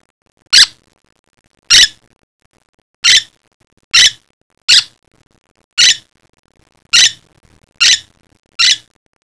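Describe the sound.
Bird giving sharp, short, high call notes, about nine in total, repeated roughly once a second against a quiet background.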